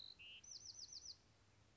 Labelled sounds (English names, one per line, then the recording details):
Bewick's Wren
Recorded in Sonoma County, California